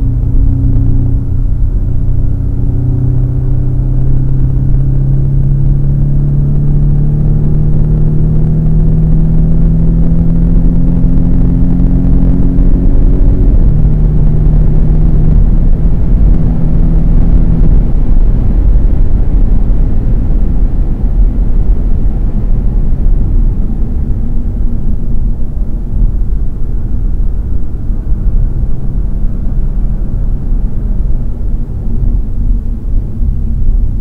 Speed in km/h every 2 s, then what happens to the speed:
122, 125, 139, 149, 162, 173, 185, 194, 203, 188, 174, 152, 134, 130, 135, 129, 97.
0-16 speeds up to 203. 16-34 brakes to 97.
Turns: none.